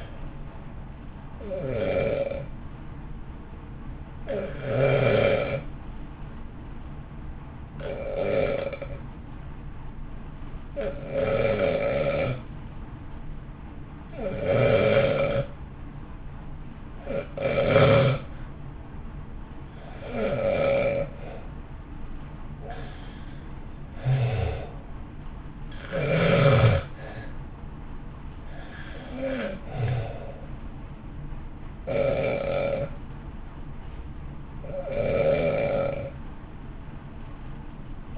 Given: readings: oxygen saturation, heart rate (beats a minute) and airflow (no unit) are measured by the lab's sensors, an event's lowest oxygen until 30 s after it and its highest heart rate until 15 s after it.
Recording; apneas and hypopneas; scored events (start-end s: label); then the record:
breathing in sleep by a smartphone at the bedside; 1
3.00-16.10 s: hypopnea (REM, oxygen 91% highest, then 85% lowest)
From the record:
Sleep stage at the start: REM sleep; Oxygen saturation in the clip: 88 to 94%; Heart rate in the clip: 54 to 61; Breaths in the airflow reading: 14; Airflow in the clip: -1.0 to 1.2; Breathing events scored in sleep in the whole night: 328 in 6.3 hours asleep